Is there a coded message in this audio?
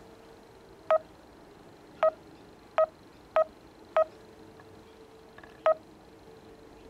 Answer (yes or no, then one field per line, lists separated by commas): no